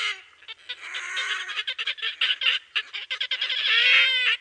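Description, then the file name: Red-necked grebe squealing and braying in harsh, stuttered notes that run together, closing with a long, loud, drawn-out wail. "perkozrdzawoszyi"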